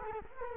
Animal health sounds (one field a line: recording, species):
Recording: mosquito wingbeat signal from an infrared sensor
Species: Culex quinquefasciatus